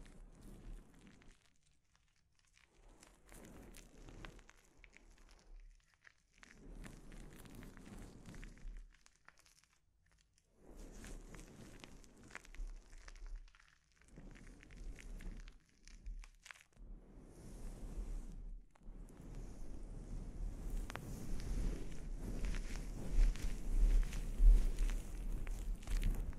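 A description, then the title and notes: A scalp treatment made of soft, dense crinkling and rubbing in bursts of a few seconds, broken by short quiet gaps. From about the eighteen-second mark the scratchy handling becomes continuous and louder, with occasional sharper crunches near the end. ASMR Sleep Inducing Scalp Treatment (No Talking).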